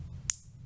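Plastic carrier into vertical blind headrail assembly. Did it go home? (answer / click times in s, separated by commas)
yes / 0.3 s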